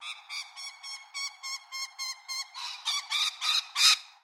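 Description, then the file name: Lorikeets giving harsh, nasal screeching calls in a rapid regular series, growing louder and rougher toward the end. "BIRD LORRIKEETS"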